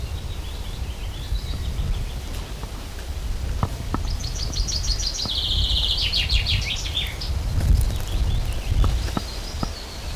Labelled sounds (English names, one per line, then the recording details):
Common Chaffinch song
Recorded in the wild
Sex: male
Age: adult
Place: Mühlenbecker Wald, Brandenburg, DE
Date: 1997-06-07 15:50
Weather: fair, ca. 26°C, gusty winds
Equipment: Nagra SN, Kopie Uher 4000 Report Monitor
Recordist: Tembrock, Günter